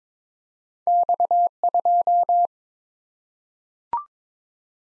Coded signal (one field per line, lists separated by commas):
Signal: Morse code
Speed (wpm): 21 wpm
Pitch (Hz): 700 Hz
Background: none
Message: X2